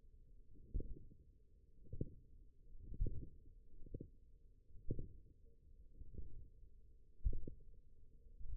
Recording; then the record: forearm muscle sounds (acoustic myography)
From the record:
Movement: radial deviation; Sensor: system 1, eight BSWA MPA416 microphones around the upper forearm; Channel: 7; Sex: male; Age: 20 years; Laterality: left